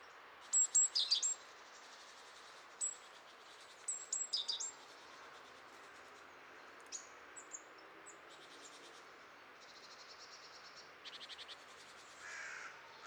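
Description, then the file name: Great tit calls: several bursts of rapid buzzy notes, some led by thin high whistles, with short pauses between them, over steady background hiss. "Parus major"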